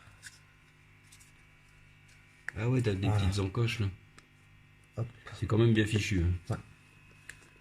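A plastic clip-in part of a fibre optic termination outlet (PTO) is handled against its outlet housing while someone talks, with brief sharp ticks near 4.2 s, 5.0 s and 7.3 s over a low steady hum. Nothing has seated or clicked yet; the part is not yet home when the clip ends.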